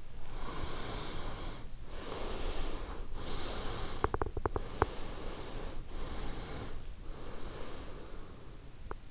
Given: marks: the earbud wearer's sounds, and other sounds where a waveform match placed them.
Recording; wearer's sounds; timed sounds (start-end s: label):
sounds in sleep by an in-ear microphone; breath, teeth grinding
0.29-3.13 s: breath
3.19-5.86 s: breath
3.83-5.04 s: teeth grinding
5.91-9.10 s: breath